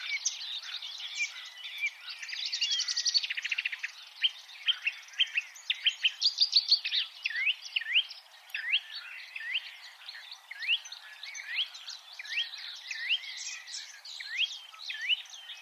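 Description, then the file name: Marsh warbler song, lively and varied, with buzzy trills early on, then a stream of rising whistled notes and chattering phrases. "suara-kicauan-burung-marsh-warbler omkicau"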